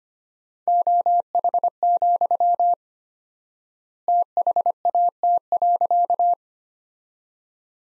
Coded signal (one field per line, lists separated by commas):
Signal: Morse code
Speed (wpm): 25 wpm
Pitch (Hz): 700 Hz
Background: none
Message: OH, THAT.